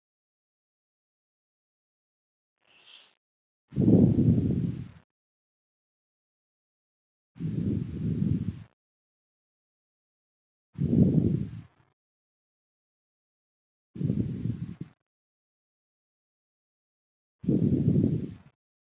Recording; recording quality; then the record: deep breathing; poor, much background noise or distortion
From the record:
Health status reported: healthy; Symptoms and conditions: none ticked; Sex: female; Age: 21 years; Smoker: not ticked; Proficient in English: yes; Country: India